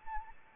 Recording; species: mosquito wingbeat signal from an infrared sensor; Anopheles arabiensis